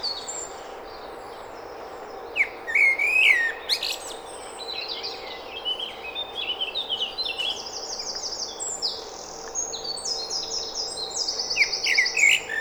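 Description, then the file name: Common blackbird with a short fluty whistled phrase and squeaky ending, followed by many high thin chirps and trills under steady background hiss. "Turdus merula"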